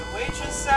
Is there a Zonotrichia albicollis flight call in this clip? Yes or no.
no